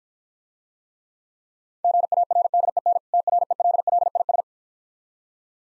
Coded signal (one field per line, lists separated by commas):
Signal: Morse code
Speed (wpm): 52 wpm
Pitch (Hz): 700 Hz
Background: none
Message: GARDEN TRELLIS